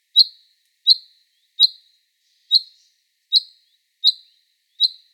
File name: Fringilla coelebs